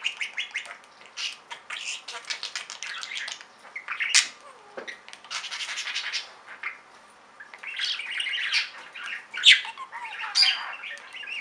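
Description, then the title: Budgerigar chattering, a series of clicks and ticking notes, then scratchy warbles and sharp chirps. "Budgie Sounds"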